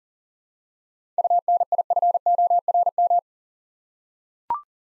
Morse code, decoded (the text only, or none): UNIFORM